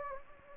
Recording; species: mosquito wingbeat signal from an infrared sensor; Anopheles gambiae